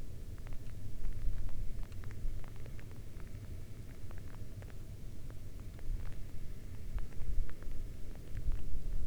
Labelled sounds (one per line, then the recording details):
rain
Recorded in the Arctic National Wildlife Refuge, Alaska, on 11 August 2019 at 22:34
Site 40